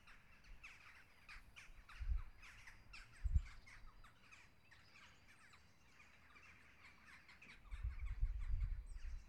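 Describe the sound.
Birds in a flock give a dense stream of overlapping chirps and chattering calls, with low rumbling noise swelling at times underneath.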